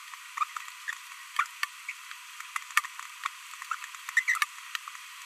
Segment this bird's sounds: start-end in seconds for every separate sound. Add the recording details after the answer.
0.37-0.44, 1.36-1.44, 4.17-4.21, 4.28-4.38. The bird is a female. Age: 22 days. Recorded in a nest box in Venezuela. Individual 17B42B1